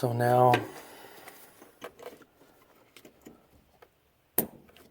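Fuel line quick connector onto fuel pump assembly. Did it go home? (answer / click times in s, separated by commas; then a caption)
yes / 4.4 s. Someone talks briefly, then a fuel line quick-connect fitting is pushed onto the fuel pump assembly while the pump is being reinstalled, with a few faint handling taps. It snaps home with one sharp click at 4.4 s, confirming the connector is seated and good.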